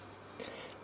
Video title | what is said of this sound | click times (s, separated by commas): ZX Spectrum Plus 3: Disk drive belt repair guide | you see that push that one back into place it's connected that's it clicks into place | 0.4 s